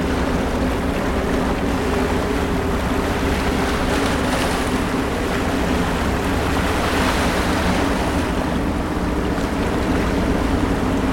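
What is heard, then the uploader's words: Water laps steadily along a harbor edge, a dense, continuous wash with a low rumbling undertone that sounds like a boat engine idling or passing. The level stays even throughout, with slight brighter swells of splash around four and seven seconds. Staten Island Harbor: Serene Waterfront Sounds.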